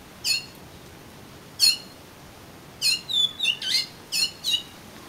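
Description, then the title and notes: Oriental magpie-robin calls, spaced sharp harsh chirps with a short whistled phrase in the middle, against a quiet background. "suara kacer. kumpulan suara burung kacer"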